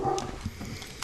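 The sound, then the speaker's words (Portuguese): A small female pet dog gives a few short, high-pitched barks and yips in quick succession, fairly faint, with no one talking. “Se vocês ouvirem a minha cachorrinha latindo, é a opinião dela, viu?”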